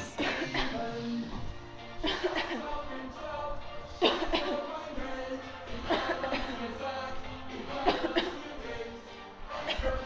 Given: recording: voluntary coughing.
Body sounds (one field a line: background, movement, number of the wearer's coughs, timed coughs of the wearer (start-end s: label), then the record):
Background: music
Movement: walking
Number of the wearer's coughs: 11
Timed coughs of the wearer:
0.15-0.48 s: cough
0.48-0.95 s: cough
2.04-2.30 s: cough
2.30-2.57 s: cough
4.02-4.27 s: cough
4.33-4.70 s: cough
5.79-6.17 s: cough
6.30-6.48 s: cough
7.82-8.07 s: cough
8.07-8.41 s: cough
9.62-9.96 s: cough
From the record:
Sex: female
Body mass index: 18.3 kg/m2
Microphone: on the chest, facing outward